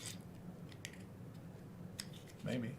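A fixed-blade neck knife is handled near its black and red G10 neck sheath with a polymer liner, with light handling ticks and taps and someone briefly talking near the end. The knife has not been pushed home yet, so nothing has seated or clicked in the sheath.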